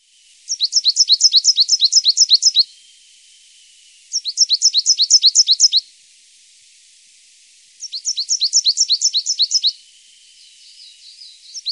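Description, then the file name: Coal tit song: three bursts of quick, high, evenly spaced notes over a faint steady hiss, each burst lasting about two seconds. "Svartmes"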